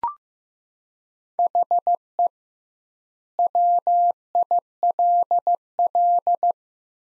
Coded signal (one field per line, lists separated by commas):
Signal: Morse code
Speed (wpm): 15 wpm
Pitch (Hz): 700 Hz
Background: none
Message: HE WILL